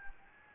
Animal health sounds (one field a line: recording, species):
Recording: mosquito wingbeat signal from an infrared sensor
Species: Anopheles gambiae